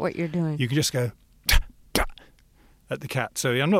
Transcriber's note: soundbite of dry spitting